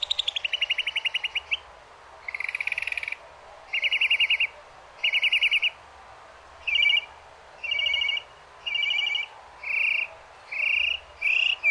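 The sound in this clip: Northern mockingbird song: a fast high trill, then buzzy chattering phrases each repeated two or three times before switching.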